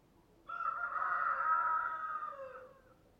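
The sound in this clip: Chicken: rooster crowing, a single long harmonic cock-a-doodle-doo lasting about two seconds, steady then falling slightly at the end.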